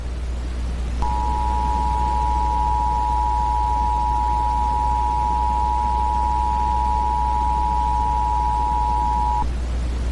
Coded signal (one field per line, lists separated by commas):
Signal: Emergency Alert System (SAME) tones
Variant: 853 and 960 Hz attention tone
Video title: The Thanksgiving virus eas scenario